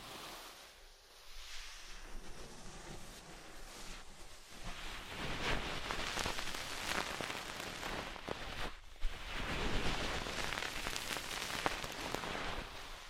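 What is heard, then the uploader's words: An ASMR ear cleaning session: dense, crackling scratching and rustling, like rubbing against the microphone, with a rain-like patter. It starts quiet for about two seconds, then swells and stays busy, pausing briefly near the nine-second mark before resuming slightly louder. ASMR Deep Ear Cleaning Session. (No Talking).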